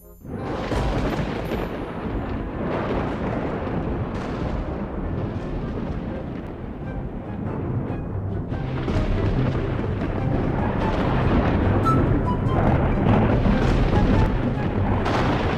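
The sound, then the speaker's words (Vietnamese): A deafening, sustained roar of thunder from a lightning bolt striking a lightning rod rumbles continuously for over fifteen seconds, loud and dense with crackling bursts, swelling slightly toward the end with no voices present. “Tiếng sấm sét đình tai nhức óc vang lên.”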